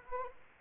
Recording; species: mosquito wingbeat signal from an infrared sensor; Anopheles arabiensis